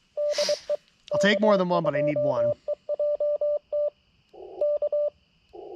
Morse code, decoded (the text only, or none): DE K2EJT K